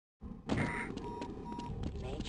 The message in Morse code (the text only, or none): none